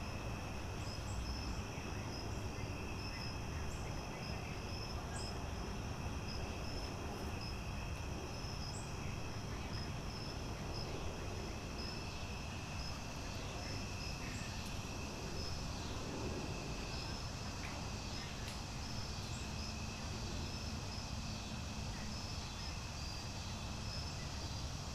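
An outdoor garden near a woodland, with a steady bed of insect trilling and high, even cricket-like tones running throughout. A low rumble of traffic sits underneath, and faint brief chirps and perhaps murmured voices surface now and then.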